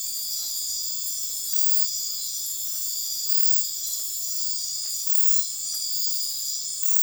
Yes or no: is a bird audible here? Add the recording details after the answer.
no. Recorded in dense forest near Puerto Asís, Putumayo, Colombia, on 21 February 2024 at 04:00. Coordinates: 0.502, -76.326. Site G6460